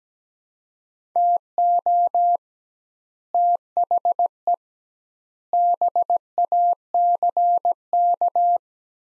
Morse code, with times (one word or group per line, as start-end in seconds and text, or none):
1.2-2.4 TO
3.3-4.5 THE
5.5-8.6 BACK